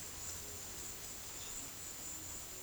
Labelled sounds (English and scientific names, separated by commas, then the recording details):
none
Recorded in dense forest near Puerto Asís, Putumayo, Colombia, on 21 February 2024 at 15:00
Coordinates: 0.505, -76.324
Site G6467